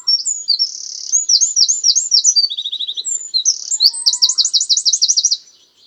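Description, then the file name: Eurasian Wren song: shrill, hurried high notes flowing into rapid trills, a brief lower rattle, then another fast sparkling trill before stopping. "Troglodytes troglodytes"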